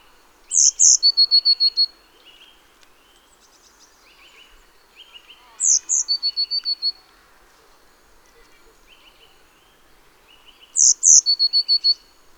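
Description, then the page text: Eurasian blue tit singing: two very high thin notes followed by a quick even trill, the phrase repeated three times about every five seconds. Nominate subspecies Cyanistes caeruleus caeruleus. "Jarek Matusiak - Обыкновенная лазоревка (Cyanistes caeruleus caeruleus)"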